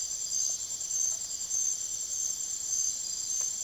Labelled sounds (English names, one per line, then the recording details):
none
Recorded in secondary vegetation near Puerto Asís, Putumayo, Colombia, on 25 June 2025 at 04:30
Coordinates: 0.489, -76.322
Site G021